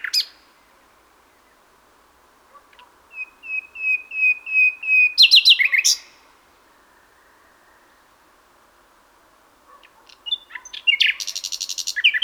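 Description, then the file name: Common nightingale song: a slow build of soft repeated whistles that grows louder into rapid notes, then a long pause and another dense phrase. "Luscinia megarhynchos"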